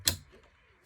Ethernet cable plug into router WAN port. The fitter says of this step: Plug the other end into this red port. It should be called WAN. Hear the click too.